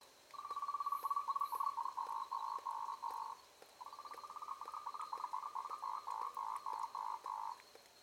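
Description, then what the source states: Frog giving two bouts of fast pulsed trilling, each starting as a rapid rattle and slowing into distinct short bursts, over a quiet background with a faint high tone. Recorded on 3 March 2021 in the evening, around 20:47.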